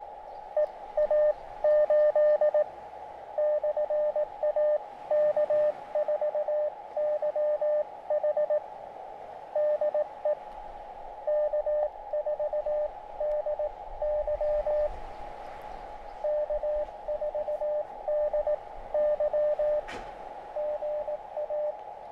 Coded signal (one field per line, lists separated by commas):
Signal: Morse code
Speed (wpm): 18 wpm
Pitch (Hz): 600 Hz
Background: radio noise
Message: EA8 /AK4YH DE K4DY K4DY GA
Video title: QRPGuys Tri-Band Vertical Antenna & SWR Indicator.